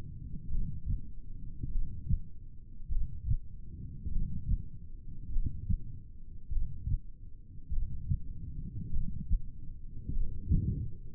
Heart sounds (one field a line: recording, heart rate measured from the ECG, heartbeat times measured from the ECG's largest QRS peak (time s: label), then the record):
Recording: heart sounds by stethoscope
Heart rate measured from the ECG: 50 bpm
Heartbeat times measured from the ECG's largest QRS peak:
0.53 s: heartbeat
1.73 s: heartbeat
2.93 s: heartbeat
4.13 s: heartbeat
5.33 s: heartbeat
6.53 s: heartbeat
7.74 s: heartbeat
8.94 s: heartbeat
10.15 s: heartbeat
From the record:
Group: heart failure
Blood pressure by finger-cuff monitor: 111/56 mmHg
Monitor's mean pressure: 75 mmHg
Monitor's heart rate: 50 bpm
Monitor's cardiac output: 4.8 L/min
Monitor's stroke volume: 97 mL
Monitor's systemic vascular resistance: 1120 dyn s/cm5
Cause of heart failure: cardiac sarcoid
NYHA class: 1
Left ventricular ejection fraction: 39%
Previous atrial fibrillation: present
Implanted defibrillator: present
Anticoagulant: apixaban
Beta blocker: carvedilol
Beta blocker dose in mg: 50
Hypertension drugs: ramipril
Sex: male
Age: 79 years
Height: 184 cm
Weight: 92.5 kg